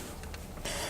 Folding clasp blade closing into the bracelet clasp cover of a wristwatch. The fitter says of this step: Snaps right in, that two-tone looking very nice.